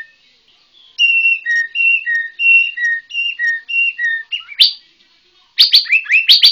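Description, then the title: White-rumped shama song: alternating paired whistled notes, high then low, repeated steadily, ending in sharp rising and falling sweeps. Bornean white-rumped shama. "MURAI BORNEO MAS KIKI"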